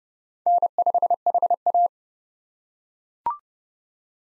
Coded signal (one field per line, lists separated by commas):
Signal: Morse code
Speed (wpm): 30 wpm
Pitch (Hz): 700 Hz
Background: none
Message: N5HA